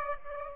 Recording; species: mosquito wingbeat signal from an infrared sensor; Aedes aegypti